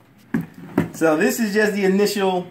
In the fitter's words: very easy to pop the battery out so